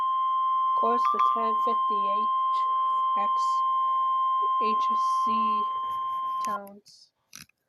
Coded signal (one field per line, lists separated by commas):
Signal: Emergency Alert System (SAME) tones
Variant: 1050 Hz attention tone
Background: speech